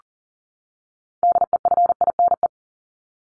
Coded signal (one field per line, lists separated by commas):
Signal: Morse code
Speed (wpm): 40 wpm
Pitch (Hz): 700 Hz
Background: none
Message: DEFINE